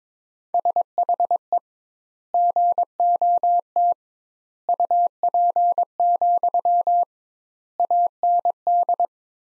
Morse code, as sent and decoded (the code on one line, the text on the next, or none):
... .... . / --. --- - / ..- .--. --..-- / .- -. -..
SHE GOT UP, AND